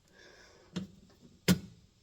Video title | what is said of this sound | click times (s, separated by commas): 2004-2008 11th Gen Ford F-150 Supercab Rear Door Latch Stuck? EASY DIY Latch Repair!! | There we go. That just snapped into place. | 1.5 s